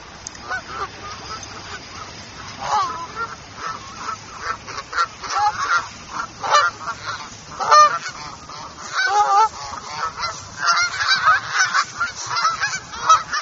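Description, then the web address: Goose honks from several birds, loud nasal calls in irregular bursts rising and falling in intensity. Several geese at an arts center. "paul. geese At The UBCenter For The Arts"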